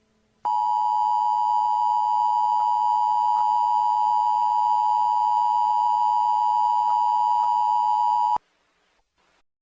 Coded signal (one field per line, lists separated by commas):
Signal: Emergency Alert System (SAME) tones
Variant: 853 and 960 Hz attention tone